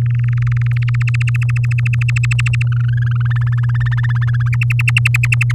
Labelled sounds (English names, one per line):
Domestic Canary song